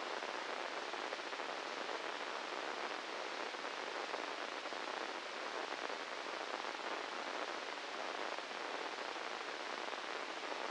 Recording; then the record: brain microelectrode recording played as sound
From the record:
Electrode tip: inside the subthalamic nucleus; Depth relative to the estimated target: -4 mm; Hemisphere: left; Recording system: NeuroSet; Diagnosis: Parkinson's disease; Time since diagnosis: 10 years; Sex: male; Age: 56 years